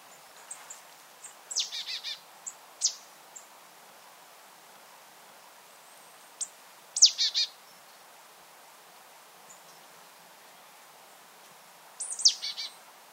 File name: Poecile palustris